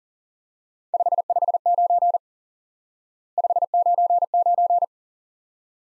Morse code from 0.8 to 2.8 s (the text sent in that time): 559